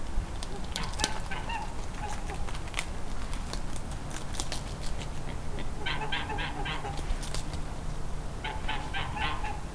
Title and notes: Kalkovenstraat, 2800 Mechelen, België - Ganzen. Geese eating midnight snack, train passing